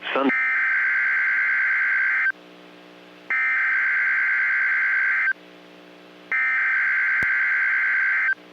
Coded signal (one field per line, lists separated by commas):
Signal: Emergency Alert System (SAME) tones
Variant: header bursts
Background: speech